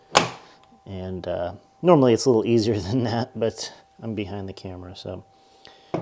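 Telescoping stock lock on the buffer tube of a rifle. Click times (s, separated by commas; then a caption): 0.2 s. The telescoping stock lock on the buffer tube of a Colt 607 rifle is unlocked from its locked, extended position, giving a loud click at 0.2 s as it releases. Someone then talks; the release took more effort than usual because it was being worked from behind the camera.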